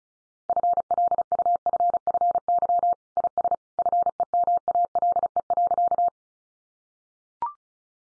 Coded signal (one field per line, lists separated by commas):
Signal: Morse code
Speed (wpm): 34 wpm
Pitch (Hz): 700 Hz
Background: none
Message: FLUFFY IS FEMALE.